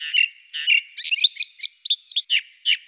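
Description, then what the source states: Ring ouzel calling with harsh, chattering notes, a series of rough, scratchy bursts and short squeaky fragments. Recorded in Slovenia.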